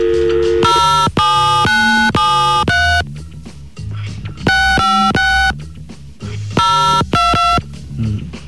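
A telephone dials and rings: bursts of bright, steady electronic tones stacked in pitch, grouped in short clusters separated by brief pauses, fairly loud, with no talking over them.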